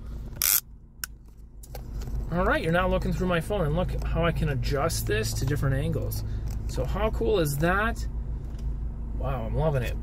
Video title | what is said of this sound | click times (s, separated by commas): volport Cell Phone Mount for Car Universal for iPhone & Thick Case Military Suction Car Phone Stand | just how I want them they'll lock into place around my phone | 0.4 s, 1.0 s